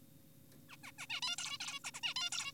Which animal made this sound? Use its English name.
Zebra Finch